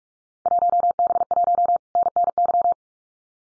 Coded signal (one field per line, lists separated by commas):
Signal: Morse code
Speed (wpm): 46 wpm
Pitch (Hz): 700 Hz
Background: none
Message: 1B1 NNY